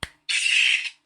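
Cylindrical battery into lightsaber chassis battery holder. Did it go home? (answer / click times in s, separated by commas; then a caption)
yes / 0.0 s. A cylindrical lithium battery is pushed into the snug, intentionally tight-fitting battery holder of a lightsaber chassis and snaps into place with a sharp click at 0.0 s. A steady, broadband hissing rasp then follows from about 0.3 to 0.9 s. The battery is seated in the holder.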